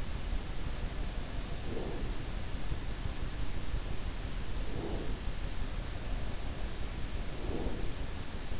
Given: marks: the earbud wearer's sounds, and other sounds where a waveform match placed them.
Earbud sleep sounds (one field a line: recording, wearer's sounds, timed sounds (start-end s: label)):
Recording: sounds in sleep by an in-ear microphone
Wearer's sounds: breath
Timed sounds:
1.68-2.14 s: breath
4.76-5.18 s: breath
7.34-7.96 s: breath